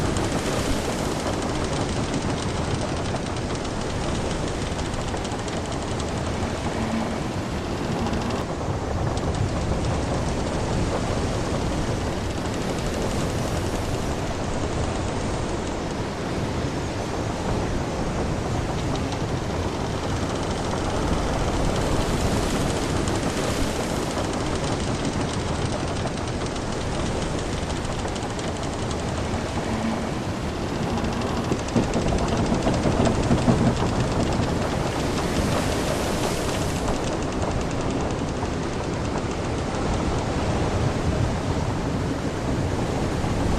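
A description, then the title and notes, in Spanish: A wooden boat on the open sea gives a dense, steady roar of rumbling, rushing noise, with slight surges in loudness around 22 and 33 seconds. Sonido relajante del barco de madera en alta mar.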